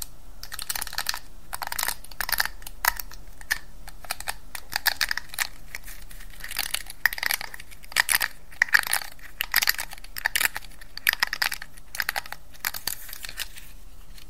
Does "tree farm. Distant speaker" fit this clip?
no